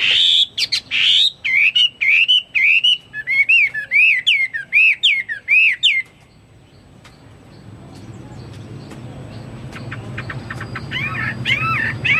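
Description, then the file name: Chinese hwamei singing rich, looping whistled phrases for six seconds, then a rising hiss of background noise before faint whistles return near the end. "omkicau hwamei"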